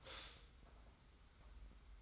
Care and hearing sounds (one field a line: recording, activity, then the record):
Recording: daily activity, microphone in the room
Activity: stop toaster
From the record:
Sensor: 3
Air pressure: 991.6 hPa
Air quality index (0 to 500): 182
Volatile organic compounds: 1000 ppm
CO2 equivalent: 6079 ppm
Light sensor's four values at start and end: 41/118/48/42 and 41/118/48/42